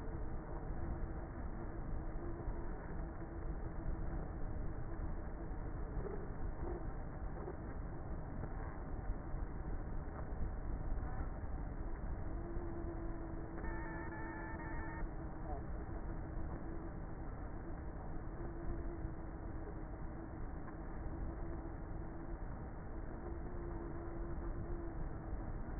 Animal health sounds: honeybee colony, microphone inside the hive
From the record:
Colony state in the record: queenless with a low population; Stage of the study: before two queens were removed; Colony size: about 30,000 bees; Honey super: no

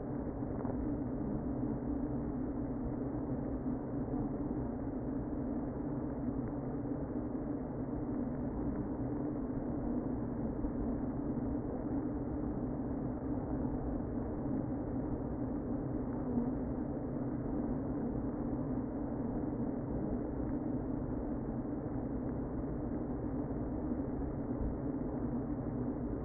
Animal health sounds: honeybee colony, microphone inside the hive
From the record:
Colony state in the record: queen present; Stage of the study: before two queens were removed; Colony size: about 60,000 bees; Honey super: yes

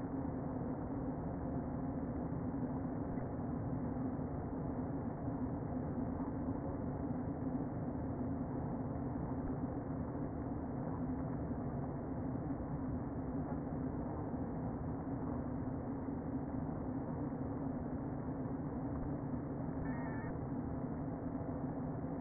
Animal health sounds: honeybee colony, microphone inside the hive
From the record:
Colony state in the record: queen present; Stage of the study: before two queens were removed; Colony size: about 60,000 bees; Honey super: yes

